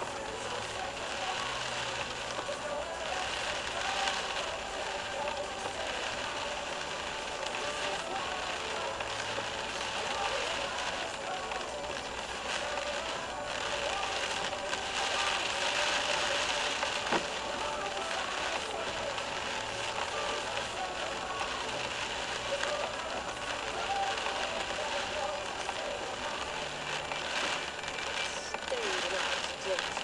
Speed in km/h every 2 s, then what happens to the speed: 0, 0, 0, 0, 0, 0, 0, 0, 0, 0, 0, 0, 0, 0, 0.
0-30 standing.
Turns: none.